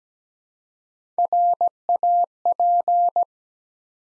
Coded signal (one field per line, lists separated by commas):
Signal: Morse code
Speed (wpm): 17 wpm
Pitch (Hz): 700 Hz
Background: none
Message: RAP